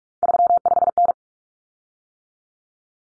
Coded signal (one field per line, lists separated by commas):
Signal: Morse code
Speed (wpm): 44 wpm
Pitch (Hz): 700 Hz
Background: none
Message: 35N